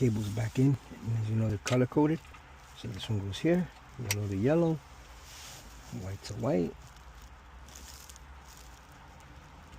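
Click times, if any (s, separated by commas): none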